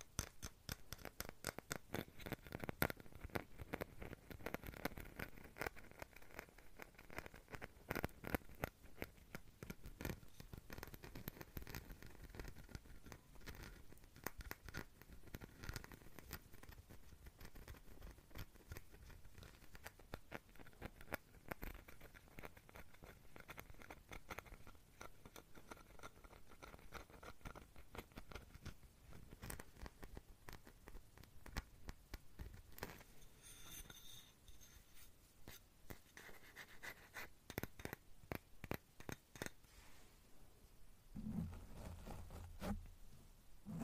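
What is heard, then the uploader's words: Continuous handling of small objects, a glass bottle, duct tape, a bag of safety pins and a seashell: dense ticks, taps and rustles with little pause. Around 33–35 seconds a few bright ringing clinks stand out; near 41 seconds a low rumble. Random Triggers | No Talking | Binaural. I use a glass bottle, duct tape, a bag of safety pins, and a seashell to achieve some lovely, tingly sounds.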